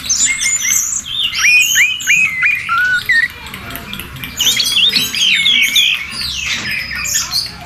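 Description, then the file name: Orange-headed thrush song of sharp whistled phrases and upslurred notes, then a dense, scratchy jumble of mixed high notes delivered rapidly, with a faint low hum beneath. "anis merah omkicau"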